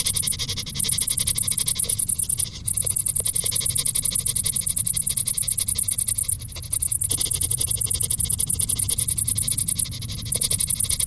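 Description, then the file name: Cricket chirping, a dense high-pitched pulsed trill that runs steadily throughout with only a brief break, over a low background rumble. "Grillen"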